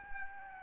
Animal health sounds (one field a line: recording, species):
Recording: mosquito wingbeat signal from an infrared sensor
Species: Aedes albopictus